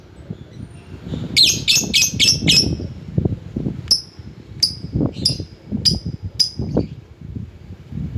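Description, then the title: Lovebird gives a fast burst of five screechy chirps, then thin piercing single calls every half second or so, over low thumping background noise. Lovebird calling to a rival. "Lovebird Memanggil Lawan"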